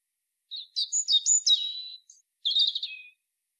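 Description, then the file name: European robin song: a thin high note, then a quick jumble of sweet, tinkling warbles, a pause, and a final slurred twitter dropping lower. No other sounds. "Erithacus rubecula"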